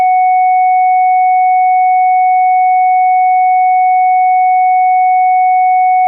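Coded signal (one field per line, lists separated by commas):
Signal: siren signal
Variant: ASC electronic siren controller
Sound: a steady, unwavering synthesized siren tone held for about six seconds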